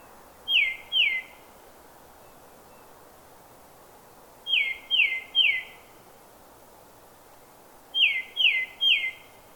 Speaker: Let's listen to the song of a tufted titmouse, recorded in a New Hampshire forest.